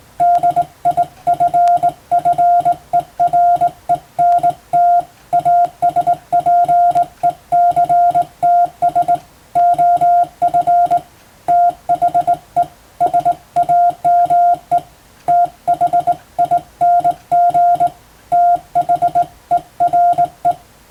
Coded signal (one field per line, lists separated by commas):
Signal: Morse code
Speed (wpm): 20 wpm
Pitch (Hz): 700 Hz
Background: music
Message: DIFFERENT ASPECTS OF THE SAME THING THERE